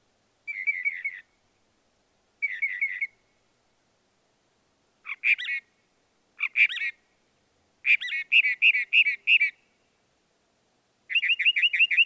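Northern mockingbird song changing phrase after phrase: short buzzy bursts, sharp upslurs, tumbling varied notes and a fast ringing trill.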